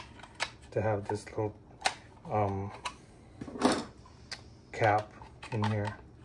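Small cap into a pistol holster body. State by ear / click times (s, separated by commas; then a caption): not seated / none. A small cap is handled into its seat inside the plastic body of a Safariland ALS/SLS retention holster during reassembly, the holster being fitted for a Staccato pistol with a Trijicon SRO / RMR HD. Someone talks throughout, with sharp light ticks at about 0.4 and 4.3 seconds and soft scuffs near 3.4 and 4.1 seconds. Nothing has seated or clicked yet.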